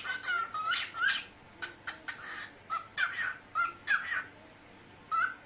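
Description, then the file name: Cockatiel in a fast stream of rough, buzzy syllables and short whistles, almost continuous with a brief pause before the last call. Cockatiel talking. "صدای-عروس-هلندی-حرف-زدن-عروس-هلندی"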